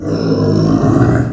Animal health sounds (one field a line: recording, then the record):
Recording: squeal of a Yucatan mini pig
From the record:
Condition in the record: after surgery on the right vocal fold (resection and tissue-engineered implant)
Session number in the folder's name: 7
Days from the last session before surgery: 47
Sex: female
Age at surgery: 19 weeks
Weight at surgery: 25 kg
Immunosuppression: prednisolone